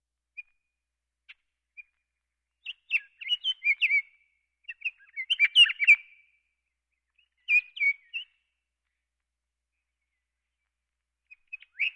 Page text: Scotts Oriole. Quick Sounds